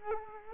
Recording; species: mosquito wingbeat signal from an infrared sensor; Culex quinquefasciatus